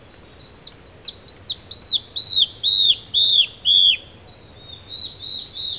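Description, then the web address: Yellow-browed antbird call: a run of about nine high arched whistles, two per second, then fainter similar notes trailing off. "sound Yellow-browed-antbird. دانلود-صدای-پرنده-مورچه-مرغ-ابرو-زرد"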